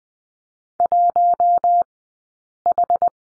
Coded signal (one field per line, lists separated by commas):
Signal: Morse code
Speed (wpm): 20 wpm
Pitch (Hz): 700 Hz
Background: none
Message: 1H